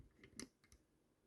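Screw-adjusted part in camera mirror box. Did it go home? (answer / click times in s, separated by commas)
no / none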